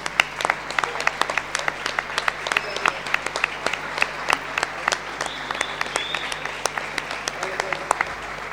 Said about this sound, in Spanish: Che, nos vamos a aplaudir a los compañeros de Radio Pueblo. La verdad que hicieron un encuentro.